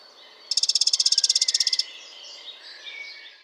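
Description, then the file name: Eurasian wren giving a dry, rapid rattle of about twenty high ticking notes over just over one second. "Troglodytes troglodytes"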